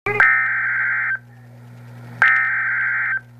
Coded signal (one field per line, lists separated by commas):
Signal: Emergency Alert System (SAME) tones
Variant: header bursts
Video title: REAL EAS 215- Tornado warning